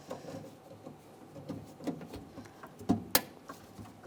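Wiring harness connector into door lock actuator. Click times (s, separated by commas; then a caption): 3.1 s. A gray plastic electrical connector on a 1998–2011 Ford Ranger is pushed onto the door lock actuator wiring, with soft rustling and small handling taps before it. A sharp, bright click at 3.1 s shows it latching in and seating securely. It is then given a tug to check that it holds.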